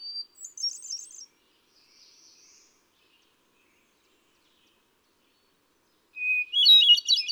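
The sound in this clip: Hermit thrush song: a high fluty fragment, a faint airy phrase, then after a long pause a steady whistled note leading into a bright, tumbling flute-like flourish.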